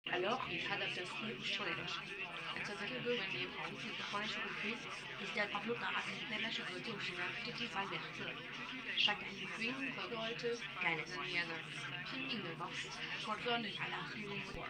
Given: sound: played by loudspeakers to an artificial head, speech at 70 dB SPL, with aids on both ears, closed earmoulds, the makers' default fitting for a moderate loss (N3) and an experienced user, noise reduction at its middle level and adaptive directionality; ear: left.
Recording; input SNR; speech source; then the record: speech test signal (ISTS) in cocktail-party noise; +3 dB; on the right (90 degrees)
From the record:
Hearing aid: class 2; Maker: F